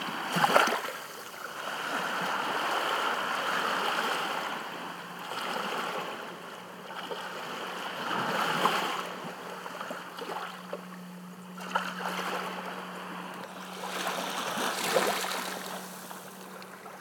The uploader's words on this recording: Shoreline Sounds at Friar's Bay, St. Martin. French side of the island.